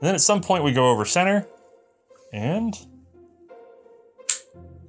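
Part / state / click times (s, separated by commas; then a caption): extractor star returning into revolver cylinder / seated / 4.3 s. Someone talks while a Webley Pryse No.4 revolver is tipped open and its extractor is run out until it passes over center. The extractor star then springs back into the cylinder on its own and seats with a sharp, brief hit at 4.3 s.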